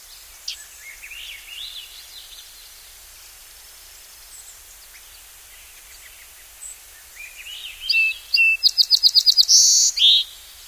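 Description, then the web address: Song sparrow: soft, faint warbling notes first, then a loud song of a quick repeated trill and buzzy twittering ending. "Songs of Birds of North America Know Your Bird Sounds. Song Sparrow"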